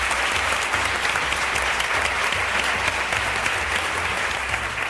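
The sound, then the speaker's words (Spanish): Sustained, dense audience applause for radio and television humorist Toni Clapés fills the whole stretch, a steady roar of many hands clapping at an even, loud level without pause. “Un aplauso para él.”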